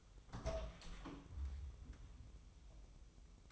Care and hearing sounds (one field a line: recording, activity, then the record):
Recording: daily activity, microphone in the room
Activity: open door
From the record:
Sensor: 1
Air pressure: 1005.0 hPa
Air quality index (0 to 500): 88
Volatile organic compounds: 2 ppm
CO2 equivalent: 1197 ppm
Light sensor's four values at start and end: 10/24/9/10 and 10/24/10/10